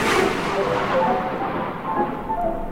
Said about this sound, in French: Alexandra David-Nel naît en 1868, près de Paris, une nuit d'orage et de tempête. Les volets claquent contre la fenêtre.